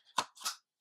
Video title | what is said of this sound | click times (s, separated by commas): Catamount Fury II 12ga Semi Automatic Shotgun Review (HD) | Works similar to your AR-15 where you're just going to insert your magazines until you hear the click | 0.2 s